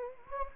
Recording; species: mosquito wingbeat signal from an infrared sensor; Anopheles gambiae